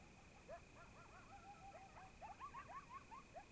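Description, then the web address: Coyotes yipping in a chorus, quick high yelps and short wavering howls overlapping throughout, with a steady faint tone in the background. Several coyotes recorded in Oregon in 2015. "Discover Oregon - Coyotes Coyotes 2015 Medlock Loudest Quiet Coyotes"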